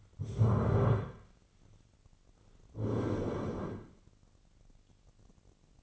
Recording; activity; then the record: daily activity, microphone in the room; stand up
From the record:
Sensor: 4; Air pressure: 1010.0 hPa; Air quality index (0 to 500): 188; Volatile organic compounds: 3 ppm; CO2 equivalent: 1358 ppm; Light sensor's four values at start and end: 36/88/36/39 and 36/88/36/39